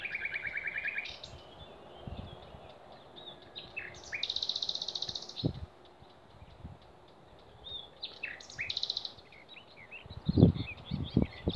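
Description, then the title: Songbirds singing: a brief trill opens, followed by two bursts of buzzy high notes and scattered chirps, with occasional low knocks. Songbirds singing in Demerje forest, 28 April 2020. "Snimke ptičjeg pjevanja u demerskoj šumi, 28.4.2020."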